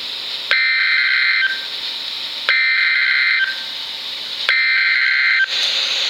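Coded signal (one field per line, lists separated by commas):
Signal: Emergency Alert System (SAME) tones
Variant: header bursts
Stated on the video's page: NOAA weather radio station alerts for severe thunderstorm and special marine warnings.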